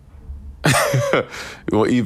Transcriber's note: laughter